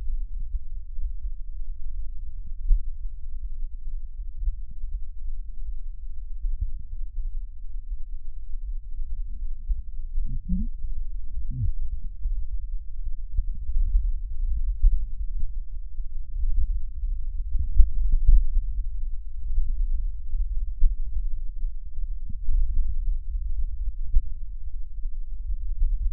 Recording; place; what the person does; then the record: lung sounds by stethoscope; right posterior apical chest; quiet breathing, then deep breathing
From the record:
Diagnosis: COPD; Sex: female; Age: 80 years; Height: 160 cm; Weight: 62 kg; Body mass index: 24.2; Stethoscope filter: bell mode